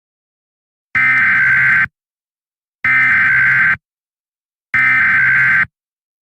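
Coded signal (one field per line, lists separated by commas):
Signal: Emergency Alert System (SAME) tones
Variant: header bursts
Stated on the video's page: Fictional tornado warning scenario with synthesized voice and VHS effect; simulated alert.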